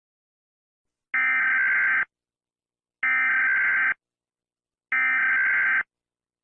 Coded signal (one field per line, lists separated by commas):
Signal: Emergency Alert System (SAME) tones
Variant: header bursts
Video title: Old EAS alarm around the world pt2￼